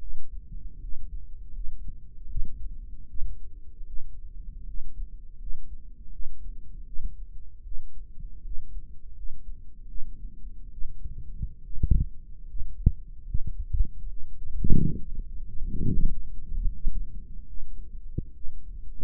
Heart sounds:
heart sounds by microphone in the right ear; 75 bpm
0.79 s: heartbeat
1.52 s: heartbeat
2.27 s: heartbeat
3.06 s: heartbeat
3.85 s: heartbeat
4.65 s: heartbeat
5.37 s: heartbeat
6.11 s: heartbeat
6.84 s: heartbeat
7.63 s: heartbeat
8.42 s: heartbeat
9.14 s: heartbeat
9.86 s: heartbeat
10.69 s: heartbeat
11.61 s: heartbeat
12.45 s: heartbeat
13.24 s: heartbeat
14.07 s: heartbeat
14.94 s: heartbeat
15.79 s: heartbeat
16.61 s: heartbeat
17.46 s: heartbeat
18.32 s: heartbeat
From the record:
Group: healthy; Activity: cold pressor test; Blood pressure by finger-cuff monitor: 98/50 mmHg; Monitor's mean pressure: 68 mmHg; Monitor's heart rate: 76 bpm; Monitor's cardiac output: 7.6 L/min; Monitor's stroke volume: 99 mL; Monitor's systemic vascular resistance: 640 dyn s/cm5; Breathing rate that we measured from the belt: 16 breaths a minute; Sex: female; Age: 22 years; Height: 160 cm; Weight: 63 kg

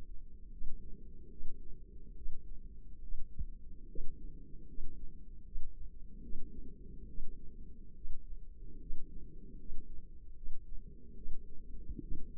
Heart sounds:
heart sounds by microphone in the left ear; 73 bpm
0.54 s: heartbeat
1.33 s: heartbeat
2.19 s: heartbeat
3.05 s: heartbeat
3.91 s: heartbeat
4.70 s: heartbeat
5.47 s: heartbeat
6.25 s: heartbeat
7.10 s: heartbeat
7.98 s: heartbeat
8.83 s: heartbeat
9.61 s: heartbeat
10.38 s: heartbeat
11.18 s: heartbeat
12.04 s: heartbeat
From the record:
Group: healthy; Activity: rest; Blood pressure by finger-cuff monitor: 157/89 mmHg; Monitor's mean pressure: 105 mmHg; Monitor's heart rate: 76 bpm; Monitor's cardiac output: 9 L/min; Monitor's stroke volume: 118 mL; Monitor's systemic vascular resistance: 880 dyn s/cm5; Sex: male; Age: 30 years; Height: 188 cm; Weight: 110.2 kg

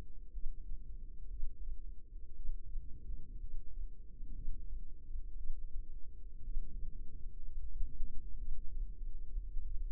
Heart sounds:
heart sounds by microphone in the left ear; 59 bpm
0.31 s: heartbeat
1.29 s: heartbeat
2.35 s: heartbeat
3.39 s: heartbeat
4.34 s: heartbeat
5.36 s: heartbeat
6.42 s: heartbeat
7.43 s: heartbeat
8.37 s: heartbeat
9.42 s: heartbeat
From the record:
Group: healthy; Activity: rest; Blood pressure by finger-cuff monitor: 89/60 mmHg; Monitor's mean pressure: 67 mmHg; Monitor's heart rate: 59 bpm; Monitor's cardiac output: 4.4 L/min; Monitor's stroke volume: 74 mL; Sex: female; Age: 36 years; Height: 163 cm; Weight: 88 kg

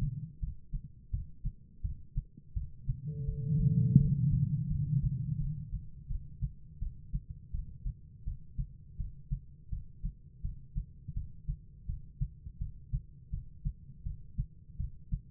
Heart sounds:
heart sounds by stethoscope; 83 bpm
0.40 s: heartbeat
1.11 s: heartbeat
1.82 s: heartbeat
2.54 s: heartbeat
3.25 s: heartbeat
3.97 s: heartbeat
4.68 s: heartbeat
5.38 s: heartbeat
6.08 s: heartbeat
6.79 s: heartbeat
7.51 s: heartbeat
8.24 s: heartbeat
8.97 s: heartbeat
9.70 s: heartbeat
10.42 s: heartbeat
11.14 s: heartbeat
11.86 s: heartbeat
12.59 s: heartbeat
13.31 s: heartbeat
14.04 s: heartbeat
14.77 s: heartbeat
From the record:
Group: healthy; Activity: rest 0-5 s, breath hold 5-15 s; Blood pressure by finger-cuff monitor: 125/77 mmHg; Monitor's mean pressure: 99 mmHg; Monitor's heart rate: 83 bpm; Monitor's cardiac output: 6.2 L/min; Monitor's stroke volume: 75 mL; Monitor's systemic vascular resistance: 1150 dyn s/cm5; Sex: female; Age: 51 years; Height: 162 cm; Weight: 70.04 kg

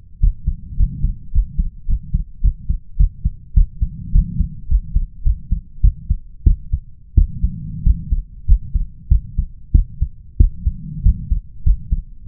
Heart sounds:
heart sounds by stethoscope; 100 bpm
0.20 s: heartbeat
0.77 s: heartbeat
1.32 s: heartbeat
1.86 s: heartbeat
2.41 s: heartbeat
2.96 s: heartbeat
3.53 s: heartbeat
4.12 s: heartbeat
4.68 s: heartbeat
5.23 s: heartbeat
5.81 s: heartbeat
6.43 s: heartbeat
7.14 s: heartbeat
7.83 s: heartbeat
8.45 s: heartbeat
9.08 s: heartbeat
9.71 s: heartbeat
10.37 s: heartbeat
11.02 s: heartbeat
11.63 s: heartbeat
12.24 s: heartbeat
From the record:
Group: healthy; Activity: rest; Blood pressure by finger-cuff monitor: 134/91 mmHg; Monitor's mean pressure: 105 mmHg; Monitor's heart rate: 102 bpm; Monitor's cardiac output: 7.1 L/min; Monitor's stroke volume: 67 mL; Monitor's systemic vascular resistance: 1120 dyn s/cm5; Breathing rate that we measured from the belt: 18 breaths a minute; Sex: male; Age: 21 years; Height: 180 cm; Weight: 67.5 kg

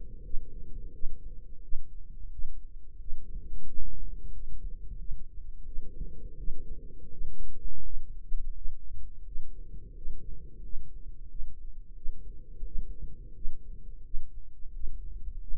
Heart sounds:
heart sounds by microphone in the right ear; 87 bpm
0.22 s: heartbeat
0.91 s: heartbeat
1.61 s: heartbeat
2.30 s: heartbeat
2.98 s: heartbeat
3.65 s: heartbeat
4.32 s: heartbeat
4.97 s: heartbeat
5.64 s: heartbeat
6.36 s: heartbeat
7.09 s: heartbeat
7.82 s: heartbeat
8.53 s: heartbeat
9.23 s: heartbeat
9.93 s: heartbeat
10.61 s: heartbeat
11.27 s: heartbeat
11.94 s: heartbeat
12.63 s: heartbeat
13.33 s: heartbeat
14.02 s: heartbeat
14.71 s: heartbeat
15.39 s: heartbeat
From the record:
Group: healthy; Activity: rest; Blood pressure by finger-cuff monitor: 116/73 mmHg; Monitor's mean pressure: 86 mmHg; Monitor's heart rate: 87 bpm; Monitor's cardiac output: 7.6 L/min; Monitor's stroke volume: 88 mL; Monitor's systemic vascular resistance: 830 dyn s/cm5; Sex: male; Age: 33 years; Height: 179 cm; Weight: 80.4 kg

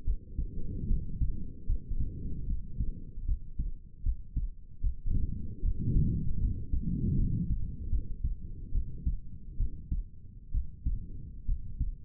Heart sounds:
heart sounds by stethoscope; 74 bpm
0.05 s: heartbeat
0.88 s: heartbeat
1.67 s: heartbeat
2.47 s: heartbeat
3.26 s: heartbeat
4.03 s: heartbeat
4.81 s: heartbeat
5.62 s: heartbeat
6.39 s: heartbeat
7.16 s: heartbeat
7.90 s: heartbeat
8.72 s: heartbeat
9.57 s: heartbeat
10.51 s: heartbeat
11.46 s: heartbeat
From the record:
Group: healthy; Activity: cold pressor test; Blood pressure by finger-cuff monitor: 88/68 mmHg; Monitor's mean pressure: 75 mmHg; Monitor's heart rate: 75 bpm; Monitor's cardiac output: 5.3 L/min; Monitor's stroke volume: 70 mL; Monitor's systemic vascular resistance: 1030 dyn s/cm5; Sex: male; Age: 20 years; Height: 187 cm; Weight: 68.9 kg

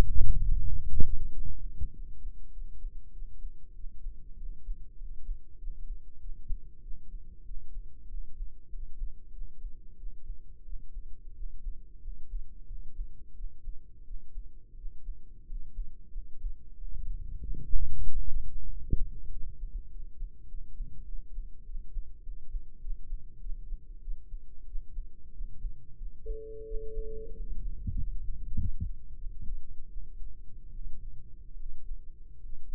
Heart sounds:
heart sounds by microphone in the right ear; 93 bpm
0.02 s: heartbeat
0.66 s: heartbeat
1.29 s: heartbeat
1.90 s: heartbeat
2.50 s: heartbeat
3.10 s: heartbeat
3.72 s: heartbeat
4.35 s: heartbeat
4.95 s: heartbeat
5.56 s: heartbeat
6.18 s: heartbeat
6.80 s: heartbeat
7.43 s: heartbeat
8.07 s: heartbeat
8.67 s: heartbeat
9.30 s: heartbeat
9.95 s: heartbeat
10.62 s: heartbeat
11.32 s: heartbeat
11.99 s: heartbeat
12.64 s: heartbeat
13.33 s: heartbeat
14.02 s: heartbeat
14.74 s: heartbeat
15.44 s: heartbeat
16.10 s: heartbeat
16.74 s: heartbeat
17.39 s: heartbeat
18.03 s: heartbeat
18.67 s: heartbeat
19.29 s: heartbeat
19.88 s: heartbeat
20.46 s: heartbeat
21.04 s: heartbeat
21.63 s: heartbeat
22.21 s: heartbeat
22.79 s: heartbeat
23.38 s: heartbeat
24.00 s: heartbeat
24.64 s: heartbeat
25.31 s: heartbeat
25.95 s: heartbeat
26.63 s: heartbeat
27.32 s: heartbeat
27.93 s: heartbeat
28.53 s: heartbeat
29.16 s: heartbeat
29.89 s: heartbeat
30.71 s: heartbeat
31.54 s: heartbeat
32.37 s: heartbeat
From the record:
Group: healthy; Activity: rest 0-26 s, breath hold 26-33 s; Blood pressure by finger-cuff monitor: 107/64 mmHg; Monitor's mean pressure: 75 mmHg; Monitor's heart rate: 95 bpm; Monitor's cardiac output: 6.5 L/min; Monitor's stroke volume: 69 mL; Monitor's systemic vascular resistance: 800 dyn s/cm5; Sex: male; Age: 20 years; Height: 167 cm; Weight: 61 kg

